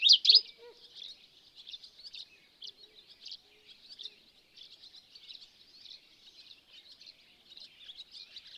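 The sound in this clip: Bird: a brief loud burst with a low note at the start, then steady high chattering and twittering.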